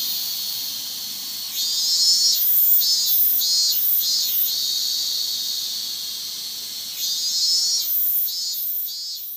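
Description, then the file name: Minmin cicada song: high, grating buzz building into a run of rapid pulsed bursts, then easing before starting again. "Hyalessa maculaticollis"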